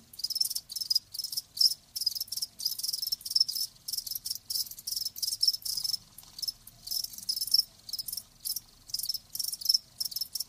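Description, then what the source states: Crickets giving rapid, high trilled chirps in regular bursts, a bright steady rhythm. Live crickets chirping with a lulling song.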